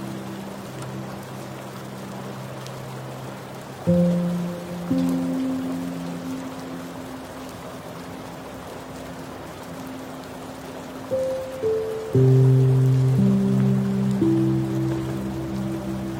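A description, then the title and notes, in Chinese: Soft, steady rain hiss runs throughout, beneath low sustained tones that shift pitch around four, eleven and twelve seconds, growing louder. 淡淡的雨声。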